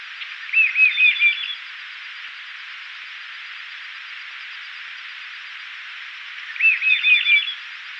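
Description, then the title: Bird song: two brief warbling phrases of looping whistled notes ending in a rapid trill, about six seconds apart, with soft steady hiss between them. "LuckyPassaro Completos2Sama"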